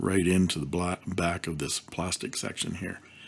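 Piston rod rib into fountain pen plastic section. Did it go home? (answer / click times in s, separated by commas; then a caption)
no / none. Someone talks while handling a PenBBS 355 bulkfiller fountain pen, whose piston rod has a small raised plastic rib meant to pop into a recess in the back of the plastic section when the rod is pulled back, locking the piston so it can be released for filling. Only talking is heard, with no distinct click. Nothing has seated or clicked yet.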